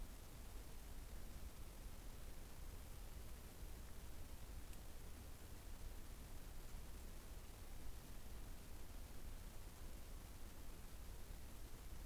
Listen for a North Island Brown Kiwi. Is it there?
no